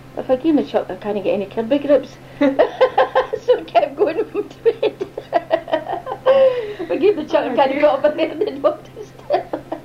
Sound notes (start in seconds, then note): 2.4 both laugh; 4.6 both laugh